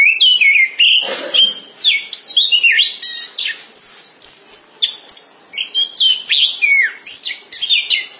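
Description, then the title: Thrush song of rapid, varied whistled phrases, mixing bright slurs, chattering notes and brief trills with only tiny gaps between bursts. "burung anis x"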